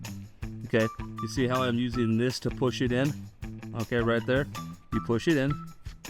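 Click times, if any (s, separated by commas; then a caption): none. Someone talks while using a tool to push a KitchenAid dishwasher drawer rack forward onto the rail stop clip on its drawer slide, back end first, with music in the background. The rack is only being handled, and nothing has seated or clicked into place yet.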